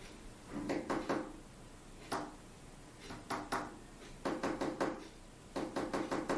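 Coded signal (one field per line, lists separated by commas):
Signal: tap code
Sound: hollow knocks on a wooden surface in uneven groups of one to five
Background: quiet room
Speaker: and she's tapping something. I'm talking about Eve.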